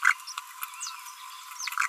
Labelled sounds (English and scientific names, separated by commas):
Green-rumped Parrotlet (Forpus passerinus) babbling